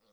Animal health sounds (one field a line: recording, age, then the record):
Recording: pig call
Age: piglet (1 to 25 days)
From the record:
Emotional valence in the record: positive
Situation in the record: reunion after long isolation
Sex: male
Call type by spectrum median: low-frequency call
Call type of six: low-frequency tonal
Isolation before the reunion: 8 minutes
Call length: 0.12 s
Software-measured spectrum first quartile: 521 Hz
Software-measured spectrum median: 1657 Hz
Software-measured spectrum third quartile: 6509 Hz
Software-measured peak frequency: 521 Hz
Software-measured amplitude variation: 41 dB a second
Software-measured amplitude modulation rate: 8.2 a second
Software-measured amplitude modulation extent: 5.0 dB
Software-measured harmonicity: 2.2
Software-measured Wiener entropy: -1.83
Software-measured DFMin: 728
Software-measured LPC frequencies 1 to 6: 529, 1271, 2223, 3400, 4326, 4943 Hz